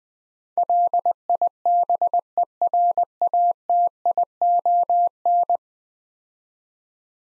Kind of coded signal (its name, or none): Morse code